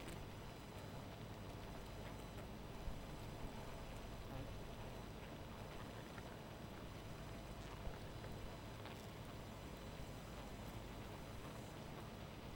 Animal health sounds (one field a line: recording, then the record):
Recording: honeybee colony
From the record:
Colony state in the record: missing queen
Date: 14 July 2017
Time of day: 0:18